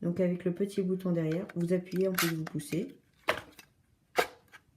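Someone talks while pressing the small rear button and pushing the unfolded sliding stock extension on an M11 ASG CO2 airsoft submachine gun to lengthen it. After the talking, brief handling noises sound around 3.3 s and 4.2 s. Nothing has seated or clicked yet.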